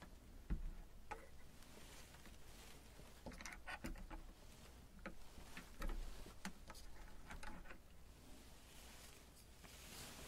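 Makeup being done, with small tweezers and tools clicking and tapping in short, irregular bursts throughout. The sharp ticks cluster most densely between about three and eight seconds, over a steady low hum and faint hiss, with a heavier knock just after the start.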